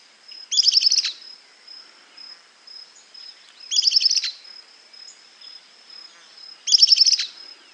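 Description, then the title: Southern beardless tyrannulet calling: a quick, high chattering burst of notes, given three times about every three seconds, over a steady thin insect whine. Subspecies cinerascens. "LuckyPassaro Completos2Sama. Southern Beardless Tyrannulet (Camptostoma obsoletum cinerascens)"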